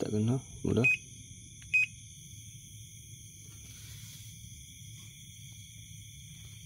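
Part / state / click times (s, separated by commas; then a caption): door lock latch in a front-load washing machine door / not seated / none. Someone talks while a Toshiba Inverter front-load washing machine with a modified power board is tested in wash and spin, after a reported "ketak ketak" noise. Two short beeps sound at about 0.9 and 1.8 seconds over a steady high-pitched whine and low hum. The door lock latch has not engaged or clicked yet.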